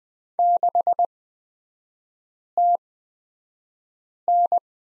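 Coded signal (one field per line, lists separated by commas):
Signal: Morse code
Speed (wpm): 20 wpm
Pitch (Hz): 700 Hz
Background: none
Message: 6TN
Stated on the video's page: Morse lesson on the letter Q in three-character groups, Farnsworth speed 20/10 wpm.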